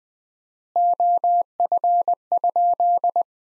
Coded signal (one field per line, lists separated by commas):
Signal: Morse code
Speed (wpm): 20 wpm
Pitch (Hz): 700 Hz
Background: none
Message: OF?